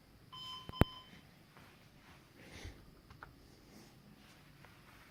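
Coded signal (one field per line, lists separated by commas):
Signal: beep code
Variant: HP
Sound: one steady electronic beep of about a second with clicks, then quiet hum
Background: quiet room hum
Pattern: 1 long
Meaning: The computer beeps while its BIOS is being updated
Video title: Bios updates on HP Elite desk 800G2, beep beep...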